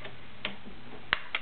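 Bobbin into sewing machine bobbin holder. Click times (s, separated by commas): 1.1 s, 1.4 s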